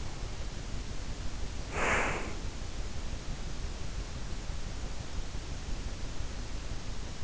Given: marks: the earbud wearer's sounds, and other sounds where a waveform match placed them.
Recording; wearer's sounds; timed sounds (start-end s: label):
sounds in sleep by an in-ear microphone; breath
1.59-2.66 s: breath